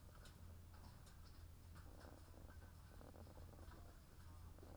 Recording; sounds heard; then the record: poultry house recording; sick chickens (respiratory disease)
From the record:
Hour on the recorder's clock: 13